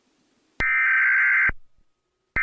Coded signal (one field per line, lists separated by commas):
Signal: Emergency Alert System (SAME) tones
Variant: header bursts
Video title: EAS Scenario #1: The Android Uprise!!